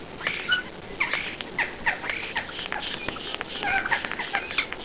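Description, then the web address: Common starling song: a jumble of short whistles, sharp clicks and scratchy notes in quick bursts, with a mewing, cat-like phrase mixed in. "singvoegel star"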